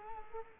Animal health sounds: mosquito wingbeat signal from an infrared sensor; Culex quinquefasciatus

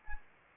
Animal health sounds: mosquito wingbeat signal from an infrared sensor; Anopheles arabiensis

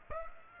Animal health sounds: mosquito wingbeat signal from an infrared sensor; Aedes aegypti

